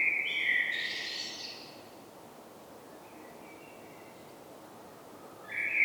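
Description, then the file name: Common blackbird song. A fluted phrase climbs into a squeaky high twitter, followed by a long pause and the start of another rich whistled phrase. "Turdus merula"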